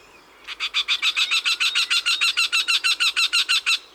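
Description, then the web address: Eurasian wryneck song: a steady run of many nasal, ringing notes, evenly spaced and holding a level pitch. Recorded in June. "Juin Le Torcol fourmilier. les 4 saisons des chants doiseaux"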